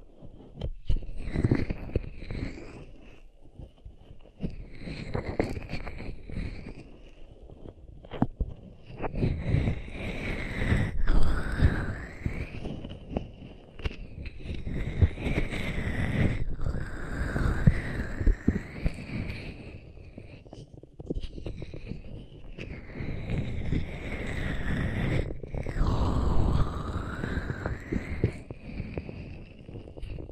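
Hands rub over ears in continuous swishing, muffled strokes, rising and falling in waves every few seconds. Low thumping rumbles run underneath, and a bright whistling tone slides up and down with many of the strokes. No talking is heard.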